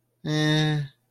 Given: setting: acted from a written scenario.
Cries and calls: vocal sound without words; neutral

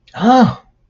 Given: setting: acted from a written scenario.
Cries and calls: vocal sound without words; elation

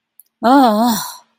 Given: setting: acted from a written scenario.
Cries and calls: vocal sound without words; anger

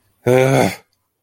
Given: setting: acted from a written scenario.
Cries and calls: vocal sound without words; anger

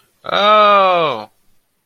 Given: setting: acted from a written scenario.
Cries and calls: vocal sound without words; realization

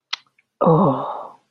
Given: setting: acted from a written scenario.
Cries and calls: vocal sound without words; desire

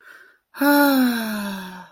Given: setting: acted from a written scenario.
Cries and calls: vocal sound without words; ecstasy

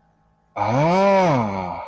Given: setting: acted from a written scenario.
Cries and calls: vocal sound without words; awe

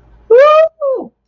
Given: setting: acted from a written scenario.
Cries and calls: vocal sound without words; elation

